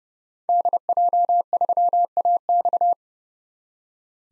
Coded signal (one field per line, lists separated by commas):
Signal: Morse code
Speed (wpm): 30 wpm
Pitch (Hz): 700 Hz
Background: none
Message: DJ3AX